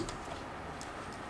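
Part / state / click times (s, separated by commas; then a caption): rubber damper ball into gimbal mounting plate / not seated / none. A rubber vibration-damper ball is pushed down by hand into the mounting plate of a Zenmuse H3-3D gimbal for a Phantom 2, meant to stop at the first position. A steady low rumble and hiss fill the clip, with one brief tick near 0.1 s and faint soft rustles. Nothing has seated or clicked yet; the part is handled but not home.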